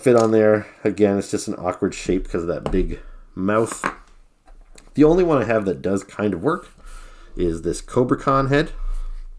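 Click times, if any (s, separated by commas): none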